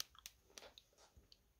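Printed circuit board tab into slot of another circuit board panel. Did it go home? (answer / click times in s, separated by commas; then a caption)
partly / 0.0 s. A filed printed circuit board panel tab is pressed into the matching slot of another circuit board panel for an LED ball. A sharp crack sounds at 0.0 s as it goes in, followed by several fainter crunchy clicks. The tab is still not all the way in.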